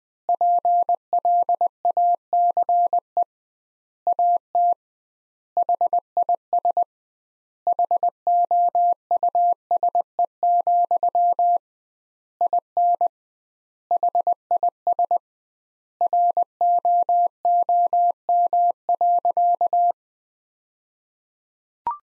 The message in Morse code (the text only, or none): PLACE AT HIS HOUSE, IN HIS ROOM.